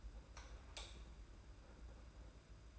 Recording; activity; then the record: daily activity, microphone in the room; light off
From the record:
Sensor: 2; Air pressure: 991.8 hPa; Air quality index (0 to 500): 226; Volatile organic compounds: 1000 ppm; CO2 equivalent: 7563 ppm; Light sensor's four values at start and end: 15/39/15/15 and 11/27/11/10